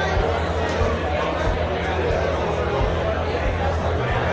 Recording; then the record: background sound without coughing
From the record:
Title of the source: CITY SOUNDS Busy Bar in the Evening Night - 2 HOURS of Ambiance for Relaxation